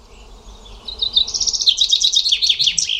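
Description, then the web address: Bird song: a bright series of quick, repeated high chirping notes that builds in loudness, delivered rapidly over a quiet background hum. "Bird Only"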